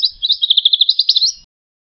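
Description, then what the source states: Bird chirping, a rapid high trill of many quick pulsed notes lasting just over a second, then silence. In a forest.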